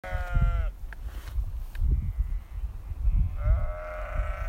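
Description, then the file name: Sheep bleats: a short bleat at the start and a longer rising bleat near the end, with low rumbling noise throughout. "Noisy Sheep"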